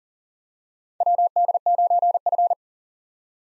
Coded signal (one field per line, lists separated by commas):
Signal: Morse code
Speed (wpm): 37 wpm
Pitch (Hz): 700 Hz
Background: none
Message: WD9F